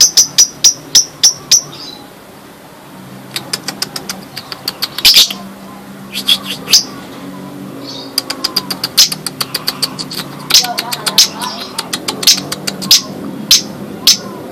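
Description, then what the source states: Lovebird chattering song: sharp high chirps repeated in quick series, broken by pauses and bursts of rapid squeaky chatter, over a faint low hum. National champion bird.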